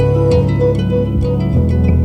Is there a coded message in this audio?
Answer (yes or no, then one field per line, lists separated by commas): no